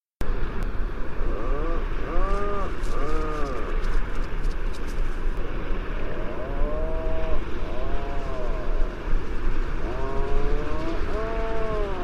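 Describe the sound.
Bird calls: nasal, arched honking notes in short pairs and runs, rising then falling, over a loud continuous engine-like rumble.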